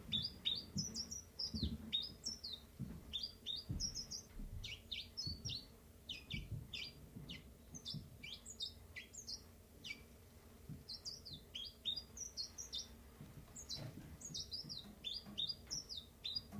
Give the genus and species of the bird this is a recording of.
Phylloscopus collybita